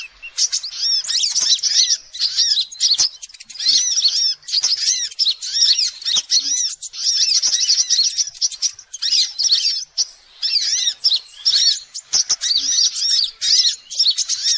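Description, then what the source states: Little Spiderhunter song: a fast stream of high, sharp chirps and arched notes, pouring out in bursts with brief gaps. Masteran song, used for training other songbirds.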